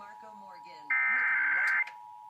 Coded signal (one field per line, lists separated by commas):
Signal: Emergency Alert System (SAME) tones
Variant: header bursts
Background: speech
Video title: Another week...Another test (EAS 71-73)